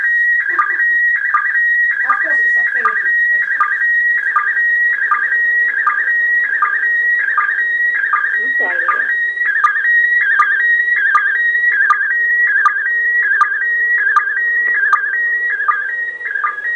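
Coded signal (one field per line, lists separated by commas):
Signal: SSTV (slow-scan television)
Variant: PD180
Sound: warbling whistle-like tone sweeping around 2 kHz, with a regular short low chirp under a second apart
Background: faint room noise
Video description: Slow Scan TV (SSTV) received in Southern England (West Sussex) from the International Space Station on the evening of 31 January 2015.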